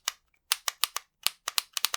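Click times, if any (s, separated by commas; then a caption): 0.1 s, 0.5 s, 0.8 s, 1.3 s, 1.6 s, 1.8 s. A smartphone's pop-up slider mechanism is repeatedly slid open and shut, snapping into its open and closed detents with sharp, bright clicks at 0.1, 0.5, 0.8, 1.3, 1.6 and 1.9 seconds, with softer clicks between them. Each snap seats the slider firmly and sturdily in its end position.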